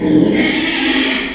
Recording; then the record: squeal of a Yucatan mini pig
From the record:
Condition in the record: after surgery on the right vocal fold (resection and tissue-engineered implant); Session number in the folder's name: 2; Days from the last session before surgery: 13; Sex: male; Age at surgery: 12 weeks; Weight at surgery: 13 kg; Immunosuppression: cyclosporine, prednisolone